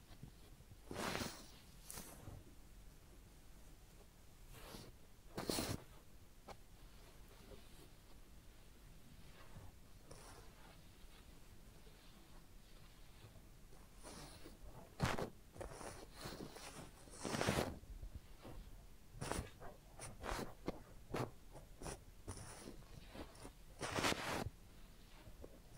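Head massage and ear cleaning, heard as a run of scratchy rubs and crisp scraping bursts over a quiet, steady hiss. The bursts arrive irregularly, a few seconds apart early on, then cluster more densely between about 15 and 25 seconds.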